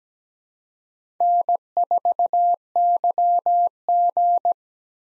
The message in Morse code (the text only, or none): N4YG